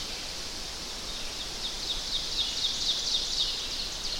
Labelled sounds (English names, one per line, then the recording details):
Ovenbird song
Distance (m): 45 m
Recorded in boreal forest in Alberta, Canada, on 12 June 2016 at 06:48
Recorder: SongMeter 3, array SBT-3-18
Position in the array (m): 246 m, 95 m
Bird 31